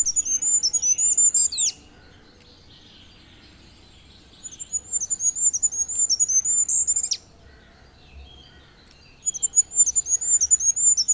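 Goldcrest song, three bouts of very high thin rhythmic notes separated by pauses, the first two ending in a quick flourish, with faint background hiss.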